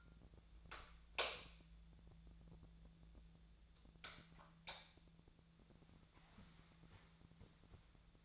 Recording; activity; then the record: daily activity, microphone in the room; light on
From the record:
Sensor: 3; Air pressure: 1000.0 hPa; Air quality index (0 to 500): 124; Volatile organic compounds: 2 ppm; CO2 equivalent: 1112 ppm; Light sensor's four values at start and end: 33/84/35/39 and 37/96/40/44